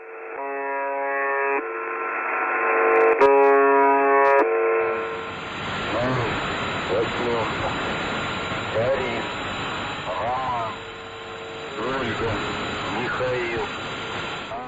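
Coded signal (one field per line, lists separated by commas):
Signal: channel marker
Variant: UVB-76 (The Buzzer)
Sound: three harsh, rasping buzzes of about a second each, then a man talking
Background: narration voice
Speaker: these sounds you just heard are recorded from a russian radio station called uvb 76 also known as ghost radio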